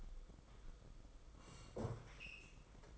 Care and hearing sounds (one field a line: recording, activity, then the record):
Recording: daily activity, microphone in the room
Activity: sit down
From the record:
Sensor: 5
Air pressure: 990.6 hPa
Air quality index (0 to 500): 151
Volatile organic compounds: 166 ppm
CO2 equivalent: 4089 ppm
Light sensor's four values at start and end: 46/138/53/57 and 46/138/53/57